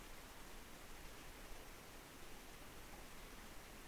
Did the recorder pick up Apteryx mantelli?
no